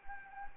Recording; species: mosquito wingbeat signal from an infrared sensor; Anopheles arabiensis